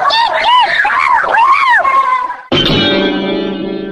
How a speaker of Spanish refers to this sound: Los cazadores estaban a punto de lastimar a los animales, pero la paloma voló. Pero la paloma lo descubrió y empezó a chillar.